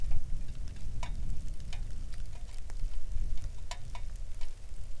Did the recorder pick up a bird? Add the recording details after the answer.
no. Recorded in the Arctic National Wildlife Refuge, Alaska, on 3 August 2019 at 09:44. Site 41